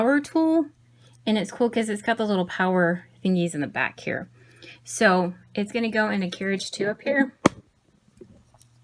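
Someone talks while handling a power engraver tool that is about to go into carriage two of a Silhouette Curio 2 cutting machine, used to etch acrylic. Only faint handling sounds follow near 8.6 seconds, and the tool has not yet clicked or seated in the carriage.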